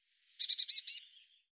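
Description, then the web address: Bird call: a quick series of five high, buzzy notes. "cianscape birddata Deverinetal 2025 File cleaned normalized Bird Cy Ca"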